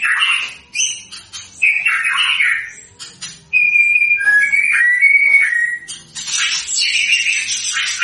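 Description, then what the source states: White-rumped shama song of clear whistled phrases, rising and falling, mixed with harsh noisy bursts before and after. Lure sound of a constantly singing white-rumped shama, meant to provoke a response from birds that hear it.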